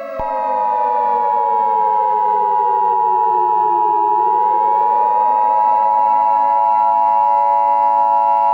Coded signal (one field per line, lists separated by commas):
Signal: Emergency Alert System (SAME) tones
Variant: 853 and 960 Hz attention tone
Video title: EAS Scenario: Weather Disaster (Original)